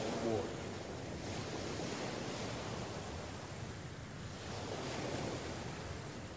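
Ocean waves wash steadily onto a beach, a continuous hissing roar that swells and recedes in slow surges, with no voices present.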